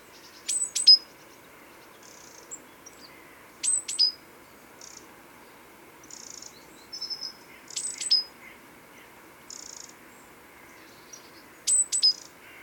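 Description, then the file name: Great tit calls: sharp high clicking notes dropping to a short whistle, in bursts every few seconds, alternating with brief buzzy chatter. "Parus major"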